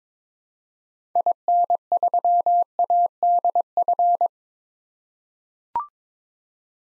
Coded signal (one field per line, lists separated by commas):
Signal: Morse code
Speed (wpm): 22 wpm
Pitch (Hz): 700 Hz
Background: none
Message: IN3ADF